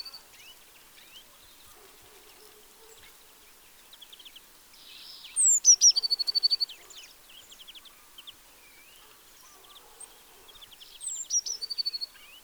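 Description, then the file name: Eurasian blue tit song: two phrases of high thin notes running into a fast even trill, among scattered chirps and short calls of other birds. "Cyanistes caeruleus"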